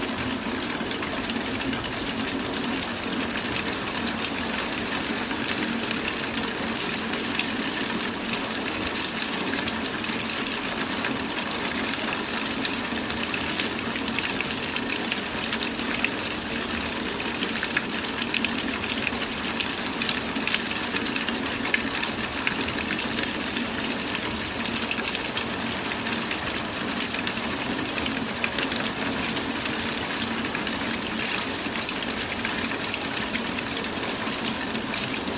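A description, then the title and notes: Falling rain makes a steady, dense hiss that holds even for the whole stretch, bright, with a faint low hum running underneath. Tiny pattering ticks flicker through it without any pause, swell or break. Falling Rain Sounds.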